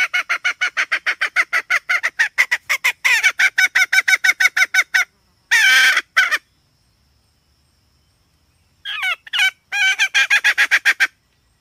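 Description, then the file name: Red junglefowl hen cackling in long rapid strings of harsh clucks, broken by a brief squawk and a quiet gap before the series resumes. "tieng ga mai rung"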